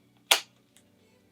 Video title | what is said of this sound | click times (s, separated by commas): The BEST Photo & Video Setup with Hasselblad 500CM | it's locked down so then i can just turn on the osmo and turn this on | 0.3 s